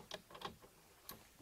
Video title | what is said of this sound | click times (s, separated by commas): В гостях у разведки! Первый эксклюзивный урок НВП для участников Общественного Военного Патриотическ | пал, и до щелчка. Все. | 1.1 s